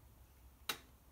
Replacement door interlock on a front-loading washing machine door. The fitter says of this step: you hear clicking locking you'll hear the pump kicking next that's